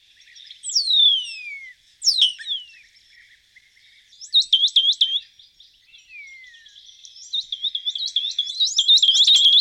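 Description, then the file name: Spotless starling song: long descending whistles sliding down from high pitch, then bursts of rapid clicking chatter and a run of quick, repeated high notes at the end. "Estornino negro"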